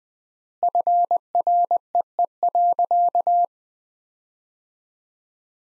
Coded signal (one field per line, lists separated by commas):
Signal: Morse code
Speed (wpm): 21 wpm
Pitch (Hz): 700 Hz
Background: none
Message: FREE.